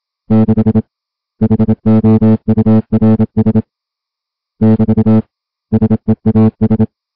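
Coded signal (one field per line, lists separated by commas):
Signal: Morse code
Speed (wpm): 27 wpm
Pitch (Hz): 220 Hz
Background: music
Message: 6 HOURS <BT> SEAS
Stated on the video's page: High seas weather broadcast on 472 kHz from a historical radio society station licensed for 5 kW.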